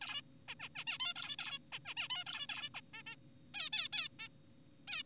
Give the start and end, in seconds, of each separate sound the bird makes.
0.01-0.22, 0.48-0.55, 0.60-0.69, 0.76-0.84, 0.87-0.98, 1.00-1.14, 1.16-1.36, 1.39-1.59, 1.72-1.79, 1.85-1.94, 1.97-2.08, 2.10-2.24, 2.27-2.47, 2.49-2.69, 2.75-2.81, 2.94-3.03, 3.07-3.15, 3.54-3.69, 3.73-3.88, 3.93-4.08, 4.20-4.28, 4.88-5.03